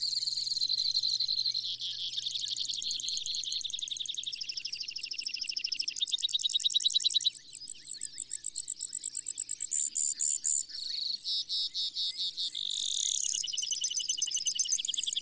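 Brewer's sparrow singing a continuous string of high, rapid trills and buzzes that change pace every second or two, over a faint low hum.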